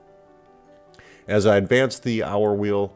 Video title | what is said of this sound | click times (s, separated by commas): Rolex Repair - Troubleshooting a Stuck Date Ring on your Mechanical Watch | when it comes back into place you'll hear a little snap and that's the the snap spring there | 0.9 s, 1.0 s